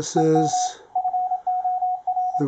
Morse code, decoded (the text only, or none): EM FOR